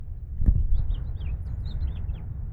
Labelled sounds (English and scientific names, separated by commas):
House Finch (Haemorhous mexicanus) song